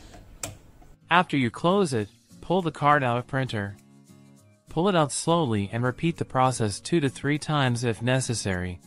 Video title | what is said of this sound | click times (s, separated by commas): Barcode Printer Cleaning process. Quickly get your cleaning kit from ALC-Tech. | make sure the print head is close you will hear a click sound | 0.4 s